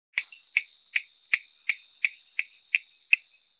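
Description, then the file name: Coorg yellow bush frog making nine crisp snapping chirps, each followed by a soft echoing tick, spaced under half a second apart. "Raorchestes luteolus call"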